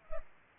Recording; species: mosquito wingbeat signal from an infrared sensor; Culex pipiens